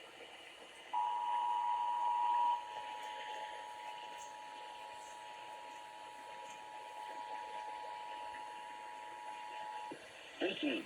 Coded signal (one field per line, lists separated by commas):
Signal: Emergency Alert System (SAME) tones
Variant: 853 and 960 Hz attention tone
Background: speech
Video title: BEEN A WHILE SINCE I'VE CAUGHT THEM. Broadcast Radio EAS: Required Monthly Test (EAS #732-734)